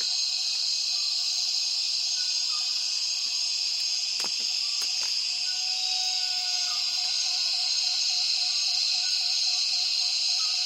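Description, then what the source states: Cicadas in a loud, continuous high buzz, with a few sharp clicks around the middle and a faint warbling trill lower down later. Many cicadas calling at dusk as the afternoon light fades, rainforest in Tawau Hills National Park, Borneo; recorded with Zoom F6 and Lom MikroUsi Pro microphones.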